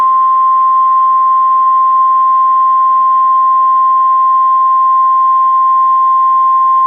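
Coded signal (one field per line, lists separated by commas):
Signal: Emergency Alert System (SAME) tones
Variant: 1050 Hz attention tone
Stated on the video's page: Live EAS tones from required weekly tests.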